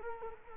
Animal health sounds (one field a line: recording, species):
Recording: mosquito wingbeat signal from an infrared sensor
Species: Culex quinquefasciatus